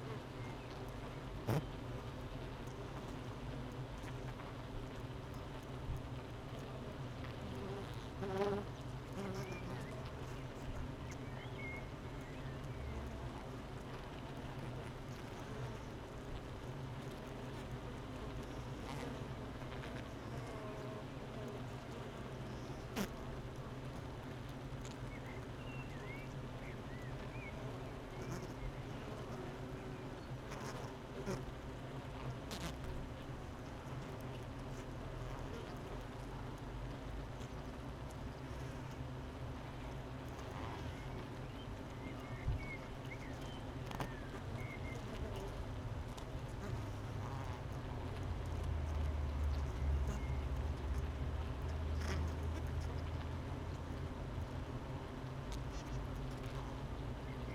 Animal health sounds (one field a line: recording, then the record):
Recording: honeybee colony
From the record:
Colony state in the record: missing queen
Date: 31 May 2018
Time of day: 8:21